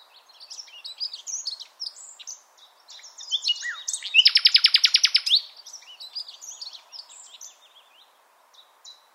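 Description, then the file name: Common nightingale song with scattered high chirps and whistles, then a loud burst of fast, evenly repeated notes around the middle, fading to softer twittering. "Luscinia megarhynchos"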